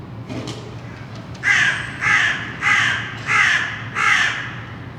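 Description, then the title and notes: Crow cawing five times in an even, rhythmic series, each rough caw lasting about half a second, against a faint low rumble. Several crows in Saint-Gilles, Belgium; recorded with Earsight V2 microphones in AB stereo into a Zoom F3. "Saint-Gilles, Belgique - Crows - corneilles. corbeaux corneilles"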